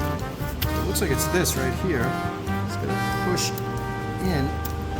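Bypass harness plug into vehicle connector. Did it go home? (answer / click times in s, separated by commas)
no / none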